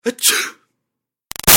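An adult man sneezes in a big room: a quick sharp intake and a loud, hissing burst that fades within about half a second, followed after a pause by a few brief clicks and a short noisy rush.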